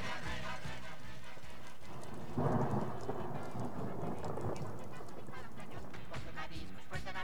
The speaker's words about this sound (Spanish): Y para que no falte nada más, hoy también, pues, está lloviendo.